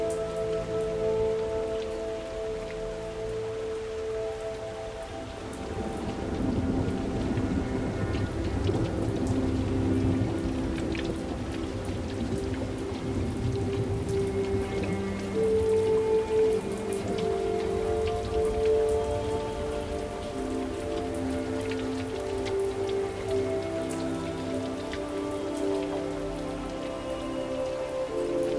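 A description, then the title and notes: Steady rain falls outside a window, dense, with low hums and faint tones underneath that swell slightly after five seconds. Rain Outside the Window Tonight.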